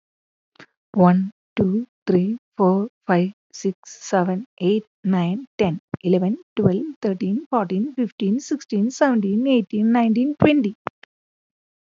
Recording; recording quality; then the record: counting at a normal pace; excellent, no background noise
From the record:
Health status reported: healthy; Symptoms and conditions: cough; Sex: female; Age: 47 years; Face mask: not worn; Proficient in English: yes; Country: India